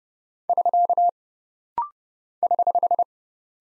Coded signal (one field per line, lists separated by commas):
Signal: Morse code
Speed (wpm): 30 wpm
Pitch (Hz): 700 Hz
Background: none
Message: <SK> <HH>